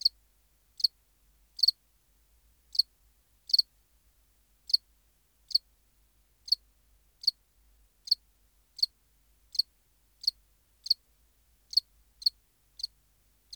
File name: Acheta domesticus